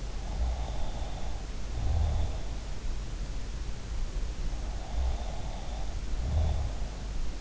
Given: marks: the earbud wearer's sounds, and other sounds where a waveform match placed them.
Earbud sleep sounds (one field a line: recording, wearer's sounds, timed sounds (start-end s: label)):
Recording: sounds in sleep by an in-ear microphone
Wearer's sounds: snoring breath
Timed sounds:
0.20-2.67 s: snoring breath
4.68-7.41 s: snoring breath